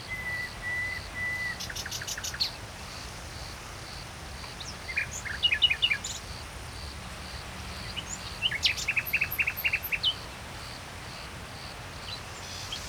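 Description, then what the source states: Common nightingale song: a long flat whistle, a rapid buzzy rattle, then repeated chirping trills, with a steady high insect-like pulsing in the background. Recorded at Saint-Chamas, Provence-Alpes-Côte d'Azur, France, just before nightfall; line audio, MixPre-3 II recorder.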